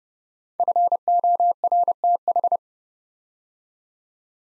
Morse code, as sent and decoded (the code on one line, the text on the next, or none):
..-. --- .-. - ....
FORTH